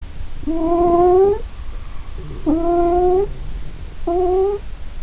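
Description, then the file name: Cat meowing: three drawn-out, slightly rising, tonal meows, each up to about a second long, starting roughly one and a half to two seconds apart, with low background rumble. Recorded 25 April 2008. "cat 20080425"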